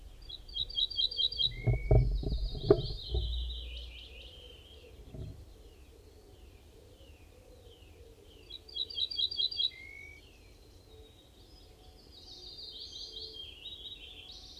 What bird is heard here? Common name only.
Ortolan Bunting